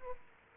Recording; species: mosquito wingbeat signal from an infrared sensor; Aedes aegypti